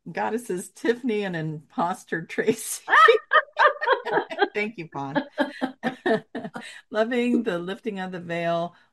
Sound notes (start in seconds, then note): 2.8 laughs; 5.4 laughs